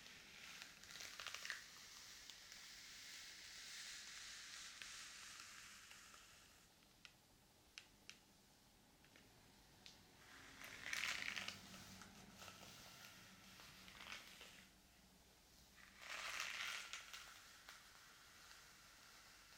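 Hair being brushed and a scalp massaged, heard as soft bristly swishes that swell in bursts, with a long stroke early on and others near 11 and 16 seconds. Brief sharp ticks fall between strokes, and a quiet hush continues underneath.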